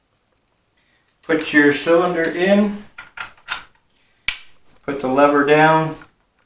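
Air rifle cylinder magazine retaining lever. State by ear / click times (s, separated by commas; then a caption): not seated / none. Someone talks while handling the rotary cylinder magazine and its retaining lever on a Hatsan Bullboss or Kral Puncher Breaker air rifle, with brief knocks around 3.0 and 3.2 s and a sharp transient at 4.3 s. The lever is not yet pushed down to lock, so nothing has seated or clicked yet.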